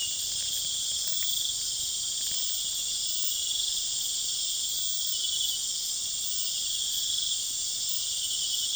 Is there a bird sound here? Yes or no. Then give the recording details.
no. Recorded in pastures near Puerto Asís, Putumayo, Colombia, on 21 December 2024 at 18:30. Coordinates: 0.472, -76.329. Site G072